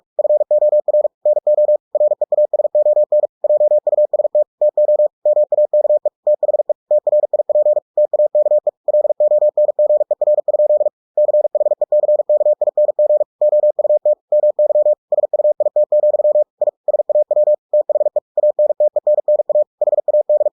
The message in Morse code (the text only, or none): FOR NO REASON JUST TO MAKE THE TRIP TAKE LONGER? CHECKING OUT MY SUIT, I SAW THE ANTENNA HAD